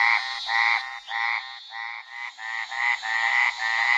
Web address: Songs of Frogs Toads of North America. Lowland Burrowing Treefrog